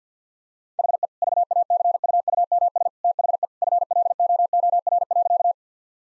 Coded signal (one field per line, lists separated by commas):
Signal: Morse code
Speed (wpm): 46 wpm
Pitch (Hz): 700 Hz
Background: none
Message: HE VACUUMS THE FLOOR.